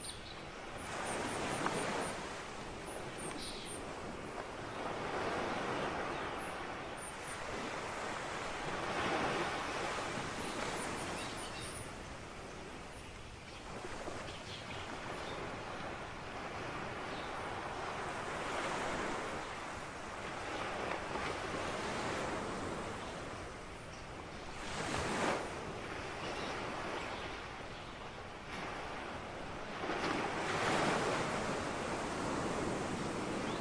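Ocean waves wash in continuously, a dense, rushing roar that swells and eases every few seconds, with stronger surges around 2, 9, 25 and 31 seconds. Wind buffets the microphone underneath, adding a low rumble throughout.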